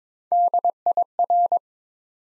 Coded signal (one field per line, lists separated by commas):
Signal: Morse code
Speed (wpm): 22 wpm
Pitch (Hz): 700 Hz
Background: none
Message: DIR